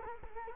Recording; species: mosquito wingbeat signal from an infrared sensor; Culex quinquefasciatus